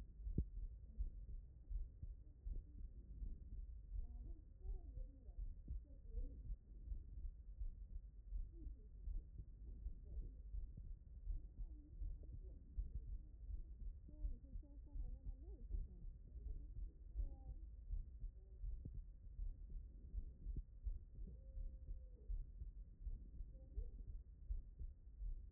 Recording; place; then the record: heart sounds by stethoscope; tricuspid valve (TV)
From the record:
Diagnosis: non-HFrEF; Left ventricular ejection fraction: 60%